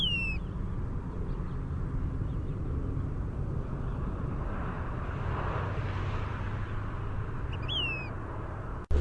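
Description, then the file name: Say's phoebe song: a down-slurred whistled note at the start and again near the end, over a steady low rumble like traffic. "SAPH song"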